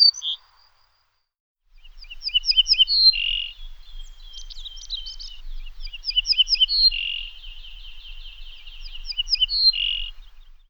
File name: Emberiza hortulana